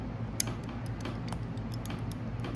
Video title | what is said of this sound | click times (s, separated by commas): How to Change a Scalpel Blade - Jerkins Mortuary Services | Feel for the notch on the handle. Listen for the click. | 0.4 s